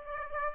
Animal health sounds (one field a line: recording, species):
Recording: mosquito wingbeat signal from an infrared sensor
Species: Aedes aegypti